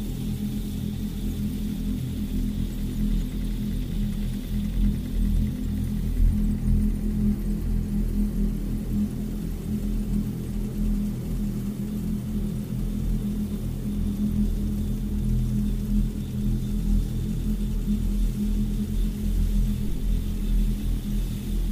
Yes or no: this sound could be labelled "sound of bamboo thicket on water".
no